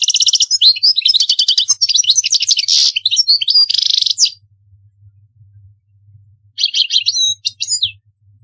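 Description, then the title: European goldfinch song of quick, jangling chirps and rattling trills, falling silent for a couple of seconds before a short burst of sharp notes returns. "Chant Chardonneret"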